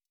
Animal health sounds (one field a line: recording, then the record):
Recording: hydrophone in a shrimp aquaculture tank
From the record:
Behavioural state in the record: stressed